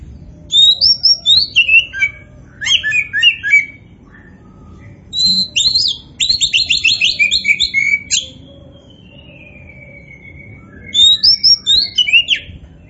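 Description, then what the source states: Oriental magpie-robin singing energetic phrases of ringing whistles and fast buzzy trills, including a long drawn-out whistle before a final burst. Kacer Poci variety, described as gacor, singing actively and vigorously.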